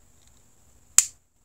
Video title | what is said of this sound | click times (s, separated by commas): Victorinox Tinker Swiss Army Knife 1.4603 @RandysWSG @mikecurtis2585 @BaxtersBlades @singingtoad | you can see how that really just locks into place | 1.0 s